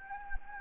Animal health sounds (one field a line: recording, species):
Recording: mosquito wingbeat signal from an infrared sensor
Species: Anopheles gambiae